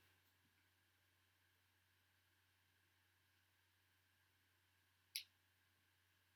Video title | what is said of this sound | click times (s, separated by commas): Tamiya MAN TGS TT 01 Type E Truck Build Part 3 page 5 Mounting Motor Mount and Differentials | actually it'll snap into place now you're going to need three screws those are in that bag | 5.2 s